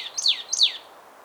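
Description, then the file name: Marsh tit call, two sharp high notes each sliding steeply downward, a quick explosive pair, then quiet. "Poecile palustris"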